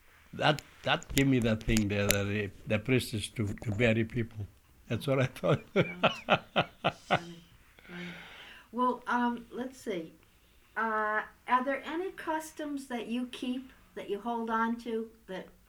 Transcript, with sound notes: That - that gave me the thing there that the priest is to bury people. That's what I thought. (he laughs)
Funny. Funny. Well let's see, are there any customs that you keep that you hold on to that